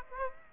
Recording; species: mosquito wingbeat signal from an infrared sensor; Aedes aegypti